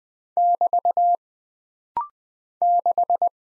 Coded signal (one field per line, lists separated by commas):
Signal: Morse code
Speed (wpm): 20 wpm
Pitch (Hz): 700 Hz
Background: none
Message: <BT> 6